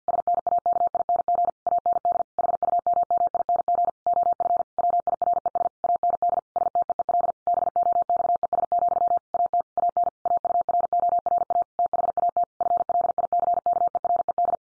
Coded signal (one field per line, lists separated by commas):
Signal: Morse code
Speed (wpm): 50 wpm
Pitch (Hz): 700 Hz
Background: none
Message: SNAKING AND HUMMING OF WIRES AND STEEL BOXES, AT AN AURORA THAT FLICKERED